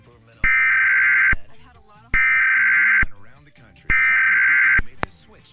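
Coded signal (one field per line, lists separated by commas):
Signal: Emergency Alert System (SAME) tones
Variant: header bursts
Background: speech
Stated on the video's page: Mock EAS alert.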